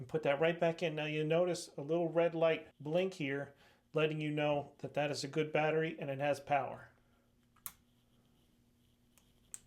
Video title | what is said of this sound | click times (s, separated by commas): HOW TO: Audi Key Fob Battery Replacement | that into place, listen for the click, then take your physical key, | 7.7 s, 9.5 s